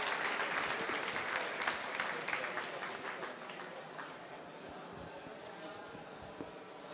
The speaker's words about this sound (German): Vielen Dank. Nochmal Applaus.